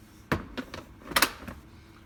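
An infant car seat carrier is set down onto its base in the car and latches with two clicks, one on each side, at 0.3 s and 1.2 s. Quieter knocks fall between and after them. The carrier is seated and anchored, confirmed with a pull-up check.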